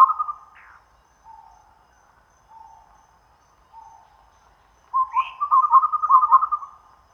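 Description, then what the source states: Chestnut-rumped babbler calls: a brief trill, then three soft, low, downslurred whistles spaced about a second apart, followed by a rich bubbling trill with a rising note. Recorded at Danum on 1 April 2006.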